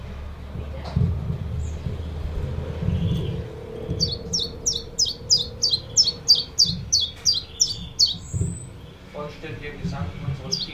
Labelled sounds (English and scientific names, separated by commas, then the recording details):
Common Chiffchaff (Phylloscopus collybita) song
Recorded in captivity
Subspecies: collybita
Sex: male
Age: adult
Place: Zoologisches Institut Universität Tübingen, Baden-Württemberg, DE
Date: 1965-06-09 15:00
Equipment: Nagra III PH, MD 421, kleiner englischer Parabolspiegel, LGS26
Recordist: Schneider, Hans-Joachim
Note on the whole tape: 1.Aufn: Männchen blau/grün - blau/blau: Gleichförmige Gesänge. Aufnahmen mit kleinem englischen Parabolspiegel. 2. Aufn.: 2. Juli um 10 Uhr: Männchen blau/grün - lila/gelb. Aufn.3.: 22 Juli um 7.25 Uhr, auf dem Balkon von Nr. 8 (wahrscheinlich Biesinger str. Nr. 8, in Tübingen). Gleichförmige Gesänge eines Tieres. Aufnahmen 2. + 3. mit dynamischem Mikrofon MD421. MaAs: E.B